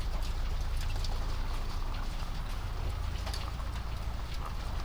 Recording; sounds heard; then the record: poultry house recording; sick chickens (respiratory disease)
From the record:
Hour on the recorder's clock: 21